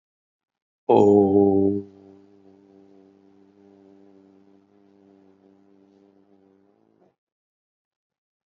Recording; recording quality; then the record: sustained vowel as in boot; excellent, no background noise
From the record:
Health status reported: healthy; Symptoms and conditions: hypertension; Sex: male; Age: 51 years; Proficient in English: yes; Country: India